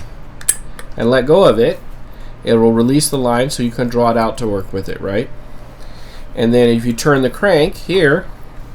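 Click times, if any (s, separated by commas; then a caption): none. The line pickup in a spincast fishing reel is being handled: the release button is pushed and let go to free the line so it can be drawn out, and then the crank handle is about to be turned. Someone talks throughout, with a few brief sharp ticks near 0.4–0.8 s. Nothing has seated or clicked yet.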